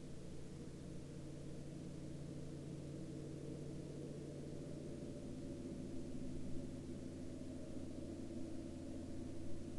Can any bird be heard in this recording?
no